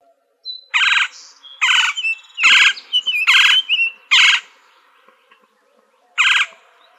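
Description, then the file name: Gila woodpecker giving loud, harsh, buzzy squawks in an uneven run of five, then a single squawk after a pause. Arizona, 24 April 2004. "GIWO 5 deviche"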